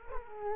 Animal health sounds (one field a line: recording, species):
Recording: mosquito wingbeat signal from an infrared sensor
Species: Culex quinquefasciatus